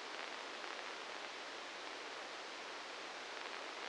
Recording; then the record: brain microelectrode recording played as sound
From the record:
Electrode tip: inside the subthalamic nucleus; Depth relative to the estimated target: -3 mm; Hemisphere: left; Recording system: NeuroSet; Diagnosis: Parkinson's disease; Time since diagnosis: 7 years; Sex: male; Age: 44 years